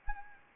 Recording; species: mosquito wingbeat signal from an infrared sensor; Anopheles arabiensis